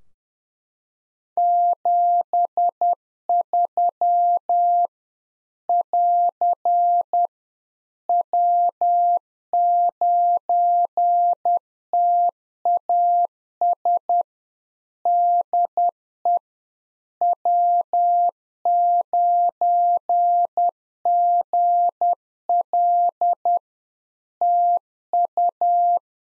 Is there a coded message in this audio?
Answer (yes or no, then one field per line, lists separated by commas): yes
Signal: Morse code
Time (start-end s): 1.4-26.0 s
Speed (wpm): 10 wpm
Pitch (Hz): 700 Hz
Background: none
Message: 73 <AR> W9TAS DE W9GL TU